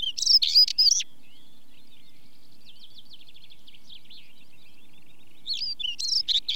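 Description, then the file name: Stonechat: bursts of scratchy high twitters at start and end, separated by a long stretch of quieter, thin, rapid trilling in the background. Song; British bird; chaffinch and skylarks singing in the background. "Stonechat song with chaffinch and skylarks in background"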